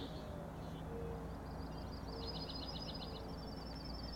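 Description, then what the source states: Common nighthawk rattle: a soft high clicking trill building through the middle and running to the end, with a constant low drone behind. Three birds flying in a close follow-the-leader formation near the recordist at Schoodic Head overlook, Acadia National Park, Winter Harbor, Maine; 4am, dated 061617; rattling noise.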